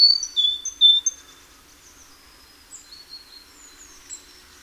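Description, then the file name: Great tit whistling a few quick two-note phrases at the start, followed by fainter, scattered high thin notes. "Parus major"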